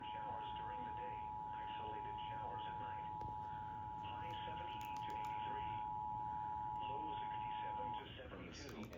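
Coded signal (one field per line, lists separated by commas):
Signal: Emergency Alert System (SAME) tones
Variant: 853 and 960 Hz attention tone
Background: speech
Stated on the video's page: Civil Emergency Message caught on KHNL-TV, KGMB-TV, KFVE-TV and a Spectrum cable box.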